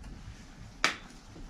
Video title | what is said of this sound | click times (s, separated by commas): 16. 06. Oonas 1. & krumme Neuräder + Anouk repariert Kette + platter Reifen Lastenrad ... Vlog # 994 | Bis es Klick macht. | 0.8 s